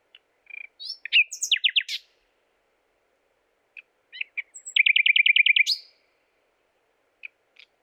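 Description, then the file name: Common nightingale song with varied chirps, then a fast rattling trill of about ten repeated notes, separated by brief silences. "Luscinia megarhynchos"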